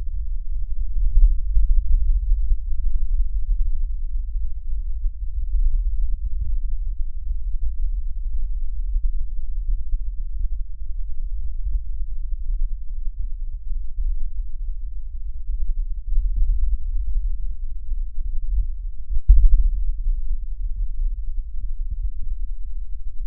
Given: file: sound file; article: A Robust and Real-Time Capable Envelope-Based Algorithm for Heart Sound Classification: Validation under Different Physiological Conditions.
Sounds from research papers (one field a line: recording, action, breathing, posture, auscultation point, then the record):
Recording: heart sounds by electronic stethoscope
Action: rest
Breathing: normal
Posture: sitting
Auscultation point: centre of the back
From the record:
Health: healthy, no known heart disease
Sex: male